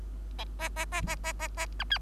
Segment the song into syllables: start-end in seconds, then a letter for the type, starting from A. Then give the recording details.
0.59-0.69 A, 0.76-0.85 A, 0.92-1.02 A, 1.07-1.16 A, 1.24-1.33 A, 1.39-1.48 A, 1.57-1.66 A, 1.79-1.84 B, 1.90-1.98 C. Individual Bird3